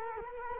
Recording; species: mosquito wingbeat signal from an infrared sensor; Culex quinquefasciatus